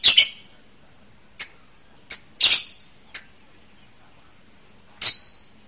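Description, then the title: Bird calls: sharp, high chips given singly at irregular gaps of about a second, some doubled, in a quiet background. "LuckyBurung MasteranBest"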